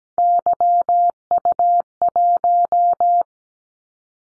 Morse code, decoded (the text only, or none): YU1